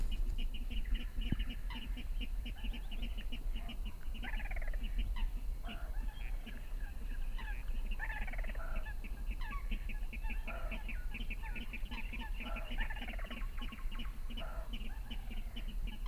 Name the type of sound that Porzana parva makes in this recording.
call